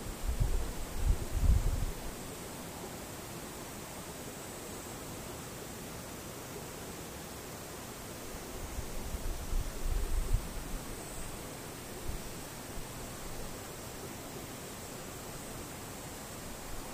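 Cicadas drone in a steady, high-pitched hiss that holds unbroken for the whole recording, with a thin shrill band riding on top. Low rumbling bumps, like wind or handling, swell near the start and again around ten seconds.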